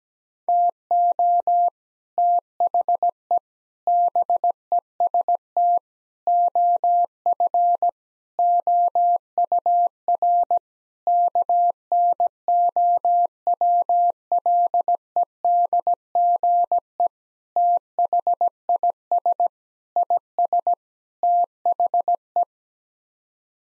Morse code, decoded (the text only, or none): TO THE BEST OF OUR KNOWLEDGE THIS IS THE